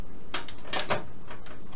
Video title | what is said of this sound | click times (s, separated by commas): How to install an AMD cpu and quick build | listen to see if it clicks. Yeah, it clipped in. | 0.3 s